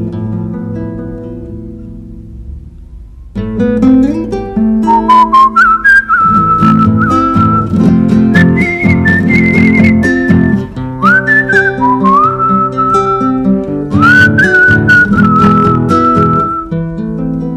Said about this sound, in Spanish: Cómo le cuesta a la pobre, ayúdala con el silbo, ayúdala con el silbo.